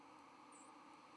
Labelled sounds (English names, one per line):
White-throated Sparrow flight call